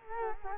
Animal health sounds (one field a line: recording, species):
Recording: mosquito wingbeat signal from an infrared sensor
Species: Culex quinquefasciatus